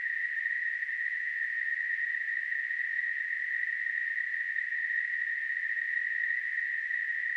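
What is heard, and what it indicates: A steady, unbroken hiss centred on a fairly high pitch, like a narrow band of rushing noise, holds at constant loudness for about seven seconds. This is a simulated tinnitus sound, the kind of noise-like ringing heard in the ears.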